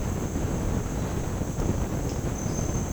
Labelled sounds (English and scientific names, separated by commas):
none